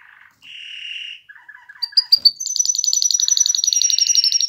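Canary song: a steady whistled note and short low chirps, then a rapid, high, pulsing trill that carries to the end.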